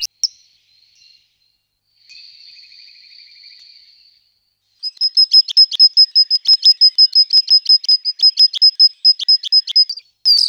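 Bird giving a thin, high sustained note, then a long, rapid series of sharp, high ticking chirps.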